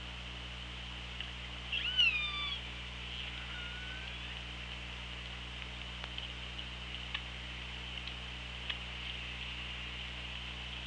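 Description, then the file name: Orca calls: a brief cluster of harmonic, falling and bending tones near the two-second mark, then faint scattered clicks against steady underwater hiss and low hum. Hydrophone, 24 August 2017, 15:57:36. "Orca Lab"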